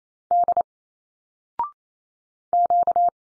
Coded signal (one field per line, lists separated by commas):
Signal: Morse code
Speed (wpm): 28 wpm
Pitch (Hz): 700 Hz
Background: none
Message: D Q